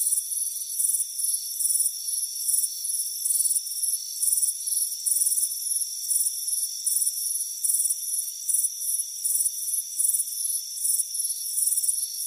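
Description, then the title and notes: Crickets chirping in quick, slightly irregular shrill bursts, over an unbroken high insect hum. Crickets chirping on a warm afternoon at a front porch. "Soothing Crickets Chirping Sound. It's a warm afternoon as you relax in a hammock on the front porch. Relax and fall asleep to the soothing sound of chirping crickets"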